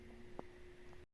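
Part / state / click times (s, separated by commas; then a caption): 100x objective on the rotating nosepiece of an optical microscope / seated / 0.4 s. The nosepiece of an optical microscope is turned the rest of the way after a drop of oil has been placed on the slide, bringing the 100x objective into the optical axis. A short, sharp metallic click at 0.4 s rises above a steady hum, confirming that the objective has seated in position.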